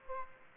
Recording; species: mosquito wingbeat signal from an infrared sensor; Aedes aegypti